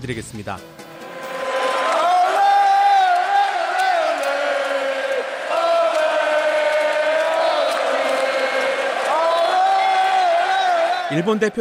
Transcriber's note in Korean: 녹취: 축구경기 현장음